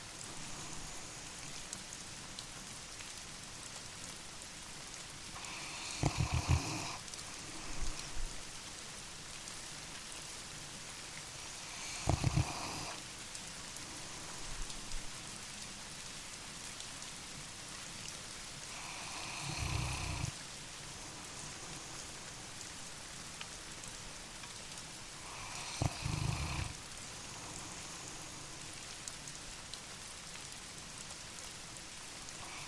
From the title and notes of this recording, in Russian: Дождь на даче. Долгожданный тёплый дождь стучит по крыше.